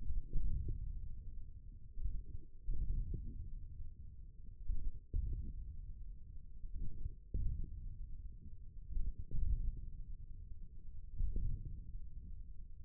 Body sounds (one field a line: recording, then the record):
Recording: forearm muscle sounds (acoustic myography)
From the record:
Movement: wrist extension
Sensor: system 1, eight BSWA MPA416 microphones around the upper forearm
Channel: 1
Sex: male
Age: 41 years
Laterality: right